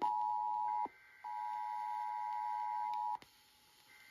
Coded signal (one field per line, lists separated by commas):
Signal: Emergency Alert System (SAME) tones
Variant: 853 and 960 Hz attention tone